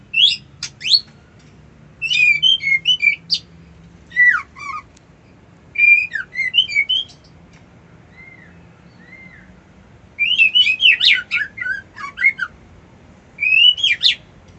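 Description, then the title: White-eye song: repeated brief bursts of high, thin chirps and twitters, with a couple of soft whistled notes between phrases and a faint low hum. Song style known locally as ngerol ngalas. "Suara Burung Pleci Ngerol Ngalas"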